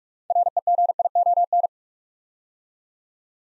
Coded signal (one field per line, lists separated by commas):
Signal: Morse code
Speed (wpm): 46 wpm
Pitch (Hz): 700 Hz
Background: none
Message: REGION